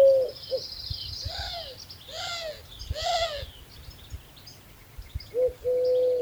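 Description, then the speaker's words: Eurasian Collared Dove giving three excitement cries between low coos, with faint bird chirps behind. Introduced to North America in the 1970s and spread across the continent; cooing and excitement cry; tone more upbeat than the mourning dove's. "Here's the Eurasian collared dove. You'll hear the cooing sounds it makes, as well as the so-called excitement cry."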